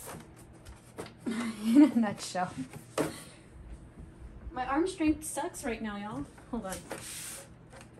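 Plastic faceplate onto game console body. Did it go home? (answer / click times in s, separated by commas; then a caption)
no / none. Someone talks while pressing a plastic PS5 faceplate onto the game console body, with brief handling knocks and rubs around 1.3 s and 3.0 s. Nothing has seated or clicked yet.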